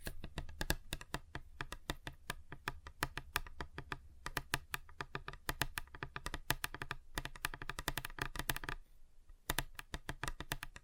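Fingers tap rapidly on a table, a dense irregular stream of sharp clicks over a low steady hum, briefly pausing near nine seconds.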